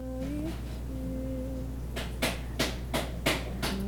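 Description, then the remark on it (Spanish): An applause sound effect played on the program Desde el Closet: about six sharp hand claps in a steady, even rhythm, moderately loud, coming after a quiet stretch with a faint tonal hum and no talking. “Ya, aplausos. Ahí también. Clap, clap, clap. Sí tengo aplausos.”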